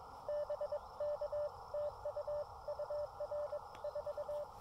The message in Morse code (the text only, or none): BK TU UR 4